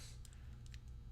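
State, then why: Not seated. Someone handles the adjustable metal latch of an LSDA Grade 2 deadbolt, pushing it in at the notch and twisting it back to change the backset from 2-3/4 to 2-3/8 inch. Four faint, short ticks are heard at about 0.3, 0.3, 0.7 and 0.7 seconds over a steady low hum. The latch has not clicked into position yet.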